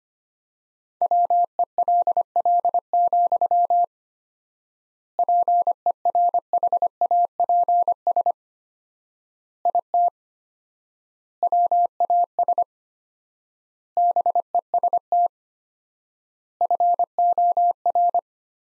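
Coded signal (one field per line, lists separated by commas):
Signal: Morse code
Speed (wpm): 25 wpm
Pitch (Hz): 700 Hz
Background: none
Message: WELL, PERHAPS IT WAS BEST FOR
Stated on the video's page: Morse practice sentences from the top 500 words at 25 wpm with 4x standard word spacing, a Farnsworth-like method applied to words.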